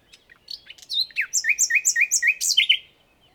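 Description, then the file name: Common nightingale song: quiet opening notes, then several similar repeated slurred whistles ending in a higher flourish. "Luscinia megarhynchos"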